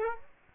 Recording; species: mosquito wingbeat signal from an infrared sensor; Culex quinquefasciatus